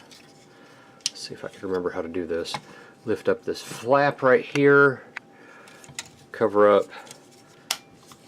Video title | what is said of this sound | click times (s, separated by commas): Dinoforce 6 Review | like that snaps | 7.7 s